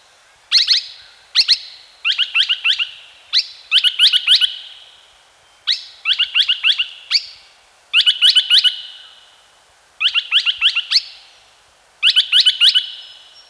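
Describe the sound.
Australian logrunner giving bursts of a few to several sharp, high chirping notes, the bursts repeated roughly every one to two seconds throughout.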